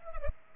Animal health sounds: mosquito wingbeat signal from an infrared sensor; Culex pipiens

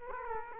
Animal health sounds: mosquito wingbeat signal from an infrared sensor; Culex quinquefasciatus

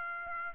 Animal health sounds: mosquito wingbeat signal from an infrared sensor; Aedes aegypti

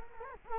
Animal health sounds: mosquito wingbeat signal from an infrared sensor; Culex quinquefasciatus

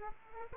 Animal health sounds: mosquito wingbeat signal from an infrared sensor; Aedes aegypti

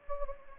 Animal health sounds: mosquito wingbeat signal from an infrared sensor; Anopheles gambiae

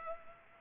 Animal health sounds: mosquito wingbeat signal from an infrared sensor; Culex pipiens

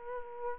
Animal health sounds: mosquito wingbeat signal from an infrared sensor; Aedes aegypti

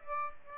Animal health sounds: mosquito wingbeat signal from an infrared sensor; Aedes albopictus

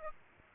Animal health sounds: mosquito wingbeat signal from an infrared sensor; Aedes aegypti

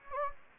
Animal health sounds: mosquito wingbeat signal from an infrared sensor; Anopheles gambiae

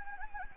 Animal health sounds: mosquito wingbeat signal from an infrared sensor; Anopheles gambiae

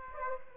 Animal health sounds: mosquito wingbeat signal from an infrared sensor; Aedes aegypti

